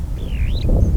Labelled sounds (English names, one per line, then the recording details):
Superb Starling flight call
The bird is a female
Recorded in Kenya on 18 April 2009 at 16:53
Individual 37, of group DRT2